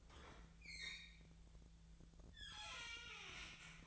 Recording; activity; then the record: daily activity, microphone in the room; open fridge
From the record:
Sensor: 3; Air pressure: 1009.6 hPa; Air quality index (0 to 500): 194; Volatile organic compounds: 16 ppm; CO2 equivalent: 2528 ppm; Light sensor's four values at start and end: 34/84/36/38 and 34/85/36/38